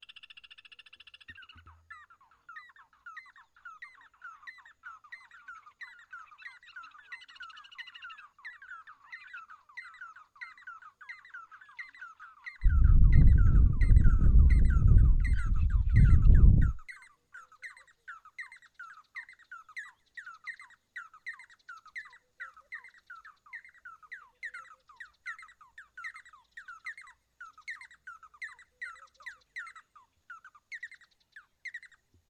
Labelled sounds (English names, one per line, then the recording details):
Jackson's Hornbill
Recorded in northern Uganda